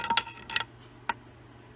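A crankshaft gear and collar are tapped with a hammer onto the crankshaft of a Polaris 350/400L Xplorer engine, with sharp metallic taps at about 0.2, 0.6 and 1.1 seconds. The gear moves only partway and is not yet fully seated up against the bearing.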